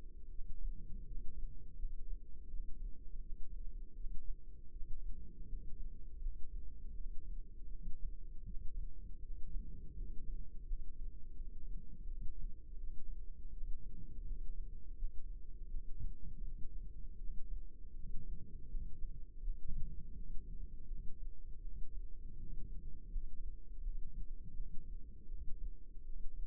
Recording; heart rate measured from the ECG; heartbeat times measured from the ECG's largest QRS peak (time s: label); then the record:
heart sounds by microphone in the left ear; 82 bpm
0.27 s: heartbeat
1.03 s: heartbeat
1.75 s: heartbeat
2.46 s: heartbeat
3.18 s: heartbeat
3.93 s: heartbeat
4.69 s: heartbeat
5.45 s: heartbeat
6.19 s: heartbeat
6.92 s: heartbeat
7.67 s: heartbeat
8.43 s: heartbeat
9.19 s: heartbeat
9.92 s: heartbeat
10.64 s: heartbeat
11.33 s: heartbeat
12.03 s: heartbeat
12.75 s: heartbeat
13.49 s: heartbeat
14.23 s: heartbeat
14.95 s: heartbeat
15.66 s: heartbeat
16.40 s: heartbeat
17.15 s: heartbeat
17.91 s: heartbeat
18.67 s: heartbeat
19.40 s: heartbeat
20.12 s: heartbeat
20.85 s: heartbeat
21.59 s: heartbeat
22.35 s: heartbeat
23.08 s: heartbeat
23.80 s: heartbeat
24.52 s: heartbeat
25.25 s: heartbeat
26.02 s: heartbeat
From the record:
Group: healthy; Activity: rest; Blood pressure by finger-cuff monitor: 120/90 mmHg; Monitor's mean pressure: 106 mmHg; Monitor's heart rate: 81 bpm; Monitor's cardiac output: 4.6 L/min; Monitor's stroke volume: 57 mL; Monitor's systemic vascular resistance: 1720 dyn s/cm5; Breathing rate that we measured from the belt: 14 breaths a minute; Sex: female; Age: 51 years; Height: 162 cm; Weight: 70.04 kg